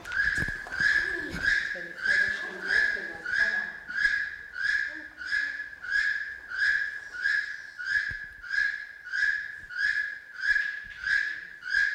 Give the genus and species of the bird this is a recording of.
Ramphastos sulfuratus